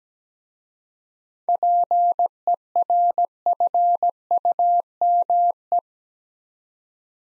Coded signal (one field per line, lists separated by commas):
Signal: Morse code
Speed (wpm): 17 wpm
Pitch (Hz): 700 Hz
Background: none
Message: PERFUME